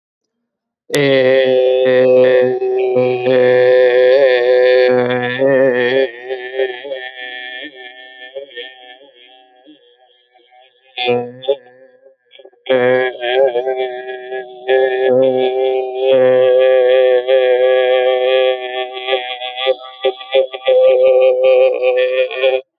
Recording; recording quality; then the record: sustained vowel as in made; excellent, no background noise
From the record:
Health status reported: healthy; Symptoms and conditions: none ticked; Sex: male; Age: 26 years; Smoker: not ticked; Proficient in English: yes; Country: India